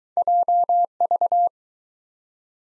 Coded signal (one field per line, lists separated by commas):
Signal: Morse code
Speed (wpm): 20 wpm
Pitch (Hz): 700 Hz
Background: none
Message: JV